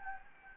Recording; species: mosquito wingbeat signal from an infrared sensor; Anopheles gambiae